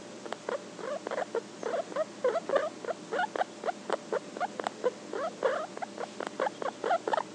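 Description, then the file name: Guinea pig mumbles steadily, a rapid stream of many short throaty grunts over a faint constant hum. "Cavia porcellus mumbling"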